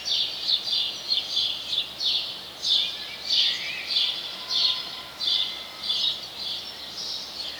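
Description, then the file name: House sparrow chirps, loud bright notes pulsing at an even pace, around one and a half each second, over soft noise. "Passer domesticus"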